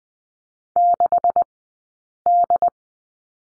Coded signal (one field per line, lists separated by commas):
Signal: Morse code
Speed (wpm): 20 wpm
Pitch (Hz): 700 Hz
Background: none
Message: 6D